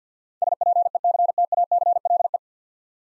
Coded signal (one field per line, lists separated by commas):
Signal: Morse code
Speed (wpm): 53 wpm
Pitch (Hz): 700 Hz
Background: none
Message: SPECTACLE